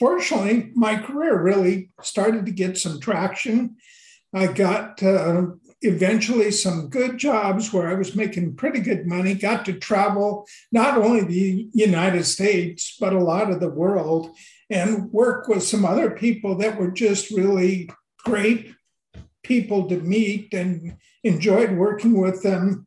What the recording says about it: I even started losing my voice. As you can hear, I have a bit of a handicap. It's an essential tremor. A voice that sounds like a 100-year-old man.